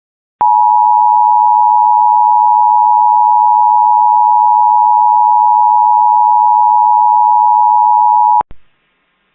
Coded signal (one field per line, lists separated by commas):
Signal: Emergency Alert System (SAME) tones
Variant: 853 and 960 Hz attention tone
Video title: Sacramento Required Monthly Test (EAS #897-904) 1/6/25